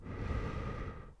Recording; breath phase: one breath near a microphone; exhalation